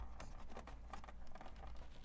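A 24-pin plastic power connector is handled and pushed toward a motherboard, giving light plastic rustling and a few small taps over a low steady hum. Nothing has seated or clicked yet; the clip ends just before the connector goes home.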